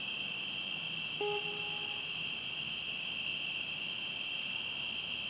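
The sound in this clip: Cricket giving a shrill, unbroken trill with pulsed upper notes; a single lower tonal call sounds briefly early on.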